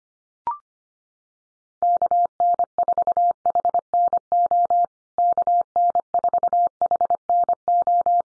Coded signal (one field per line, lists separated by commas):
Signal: Morse code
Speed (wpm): 25 wpm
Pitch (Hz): 700 Hz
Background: none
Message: KN4HNO KN4HNO